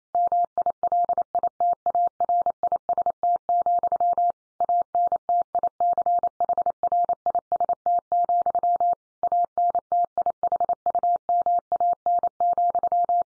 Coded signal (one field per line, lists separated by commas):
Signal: Morse code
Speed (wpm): 28 wpm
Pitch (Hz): 700 Hz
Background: none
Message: MILITARIST, ANTICHRIST, ANTIHUMAN,